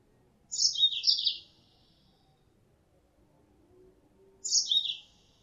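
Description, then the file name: Mozambique canary calls, two high twittering phrases about four seconds apart, each a quick falling chirpy run, quiet background. Female Mozambique canary; lure sound used to attract birds. "suara pancingan mozambik betina"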